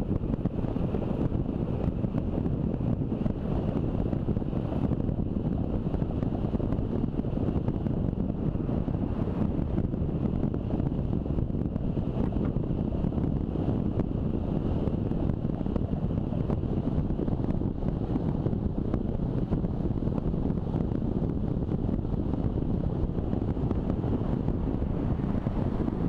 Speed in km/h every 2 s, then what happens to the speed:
30, 32, 30, 31, 32, 31, 32, 32, 33, 33, 33, 34, 34.
0-26 steady at about 32.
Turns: none.